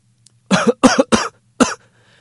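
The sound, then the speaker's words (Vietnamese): A harsh, dry coughing fit from a man as he sits up on an ambulance stretcher: three rapid, forceful coughs in a tight cluster, a brief pause, then one more loud cough, with no talking. “Bỗng nhiên một tràng tiếng ho khan vang lên dữ dội.”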